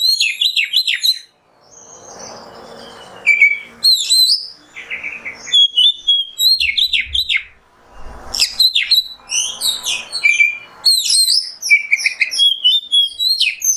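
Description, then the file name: Oriental magpie-robin singing a long, varied run of loud whistled and scratchy notes in quick bursts, with short gaps and faint hiss between phrases. Masteran (tutor recording) of kacer song in the nembak style. "Masteran Kacer Nembak"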